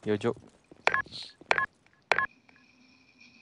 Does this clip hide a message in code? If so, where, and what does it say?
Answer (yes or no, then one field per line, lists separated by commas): no